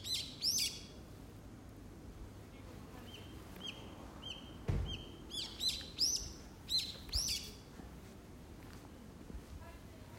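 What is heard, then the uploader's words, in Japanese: A bird from the neighborhood calls repeatedly with bright, sweeping chirps, clustered near the start and again between six and seven seconds, with quieter notes in between. A low outdoor rumble runs underneath, and a brief dull thump lands near the five-second mark. 近所に来る鳥の鳴き声。たぶんシジュウカラだと思います。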